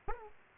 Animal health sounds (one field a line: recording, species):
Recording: mosquito wingbeat signal from an infrared sensor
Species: Aedes aegypti